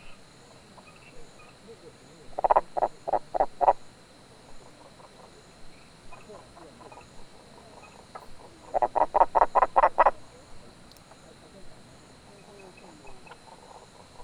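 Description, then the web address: Frog calls in two rapid pulsed bursts of several croaks each, separated by quieter scattered croaks. "Frogs World"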